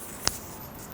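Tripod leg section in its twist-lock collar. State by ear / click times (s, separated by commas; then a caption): seated / 0.3 s. A tripod leg is collapsed and its twist-lock collar is twisted, locking the leg section into place with a single sharp click at 0.3 s. The quiet background stays steady around it, and no one talks.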